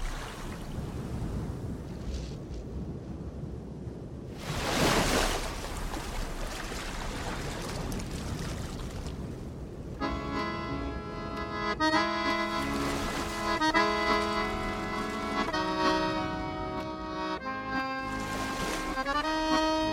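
flowing river water

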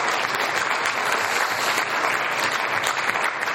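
audience applause

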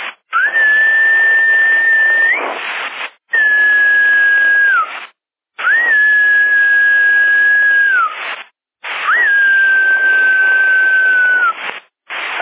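whistle over CB radio

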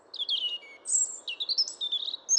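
european robin song

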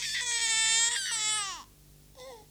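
baby crying loudly

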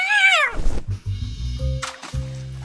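cat meowing

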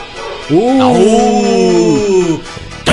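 dog barking

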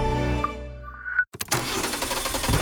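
car engine starting

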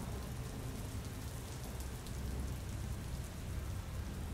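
heavy downpour of rain

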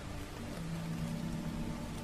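rain falling

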